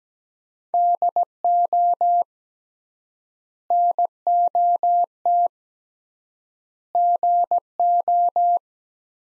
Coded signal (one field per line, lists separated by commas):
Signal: Morse code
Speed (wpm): 17 wpm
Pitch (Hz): 700 Hz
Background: none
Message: DO NOT GO